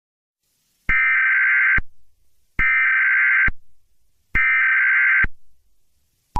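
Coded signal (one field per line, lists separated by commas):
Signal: Emergency Alert System (SAME) tones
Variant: header bursts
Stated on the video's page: Fictional SCP 939 EAS scenario, not a real alert.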